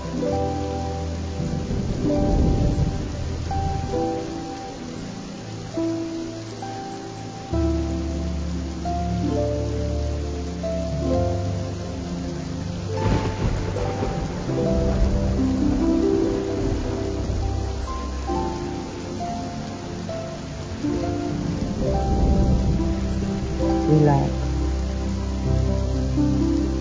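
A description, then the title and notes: Soft, steady rain noise blends with sustained harp melodies, low notes shifting every few seconds, with brief brighter swells around 13 and 24 seconds. Sounds of a quiet storm and the melodies of a harp.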